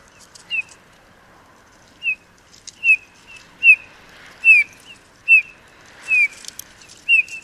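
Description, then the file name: Eurasian bullfinch giving soft, piping downslurred whistles, single notes repeated at uneven gaps of about one second, with a faint background hiss. "Pyrrhula pyrrhula"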